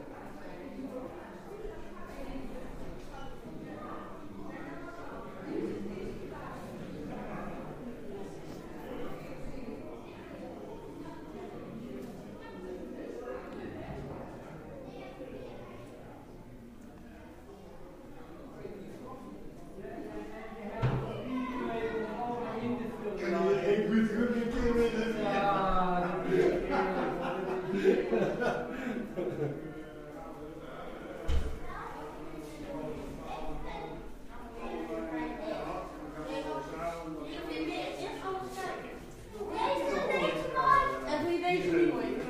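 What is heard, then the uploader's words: Visitors talk at an indoor photo exhibition, several voices overlapping. The murmur stays moderate for the first twenty seconds, then grows louder and more animated, with a few voices standing out and occasional soft knocks or footsteps. 3D audio ambient soundscape of a photo exposition.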